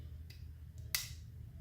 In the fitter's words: Hear how it clicked into place?